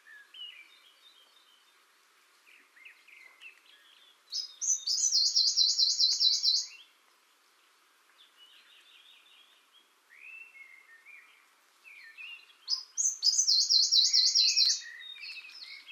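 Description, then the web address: Blyth's leaf warbler singing: a loud, high, rapid buzzy trill lasting about two seconds, repeated after a pause, between softer varied chirps and twittering notes. Recorded in China. "Phylloscopus Kiina"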